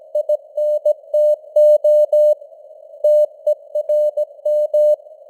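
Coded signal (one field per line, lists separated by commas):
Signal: Morse code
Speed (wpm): 17 wpm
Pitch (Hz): 600 Hz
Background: none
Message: INTO TERM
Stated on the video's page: Morse code news headlines at 17 wpm with simulated radio noise and varying signal strength (QSB).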